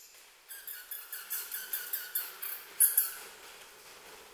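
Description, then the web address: Little Japanese horseshoe bat calls heard as a quick train of short, clicking pulses, briefly louder just before the train stops, over a steady background hiss. Recorded at Shobara, Japan, on 12 July 2017. "koe kokikugashirai 170712 shobara kaji"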